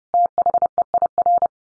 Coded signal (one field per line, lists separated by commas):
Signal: Morse code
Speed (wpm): 30 wpm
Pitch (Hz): 700 Hz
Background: none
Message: THEIR